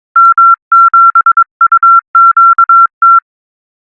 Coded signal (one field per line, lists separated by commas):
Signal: Morse code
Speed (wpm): 22 wpm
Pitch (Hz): 1360 Hz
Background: none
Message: M7UQT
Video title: Quansheng CW key adapter